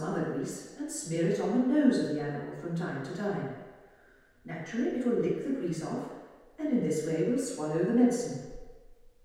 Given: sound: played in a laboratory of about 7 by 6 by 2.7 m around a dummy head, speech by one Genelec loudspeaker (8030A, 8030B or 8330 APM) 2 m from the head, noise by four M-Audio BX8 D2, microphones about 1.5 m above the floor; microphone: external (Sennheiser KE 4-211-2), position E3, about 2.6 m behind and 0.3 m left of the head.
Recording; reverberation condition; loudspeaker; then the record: female speech in English; high; 60 degrees to the right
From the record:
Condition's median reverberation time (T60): about 1300 ms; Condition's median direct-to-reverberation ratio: about -4.0 dB